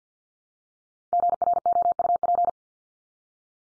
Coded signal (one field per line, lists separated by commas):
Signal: Morse code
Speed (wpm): 50 wpm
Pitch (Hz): 700 Hz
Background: none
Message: GROUP